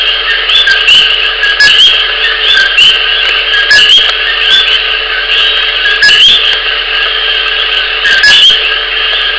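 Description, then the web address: Coqui frogs calling in a dense chorus, with louder calls standing out at irregular intervals. "digemdj Sounds Coqui"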